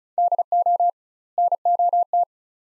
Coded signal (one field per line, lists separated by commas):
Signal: Morse code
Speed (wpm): 34 wpm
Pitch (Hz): 700 Hz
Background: none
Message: DO NOT